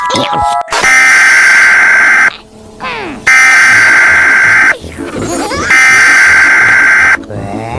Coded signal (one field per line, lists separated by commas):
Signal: Emergency Alert System (SAME) tones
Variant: header bursts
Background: speech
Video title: Bird Jr Television EAS IS Coming dec 27, 2019